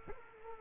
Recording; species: mosquito wingbeat signal from an infrared sensor; Culex quinquefasciatus